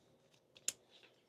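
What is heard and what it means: The front support pole of an NJZ heavy-duty folding high-back camping chair frame for adults is extended until it locks. Two faint ticks come at about 0.3 and 0.6 seconds, then a sharp, bright click at 0.7 seconds as the pole seats into place.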